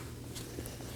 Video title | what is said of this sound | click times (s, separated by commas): How to Replace AC Condenser 2013-2019 Nissan Sentra | Push down until you hear that click. | 0.7 s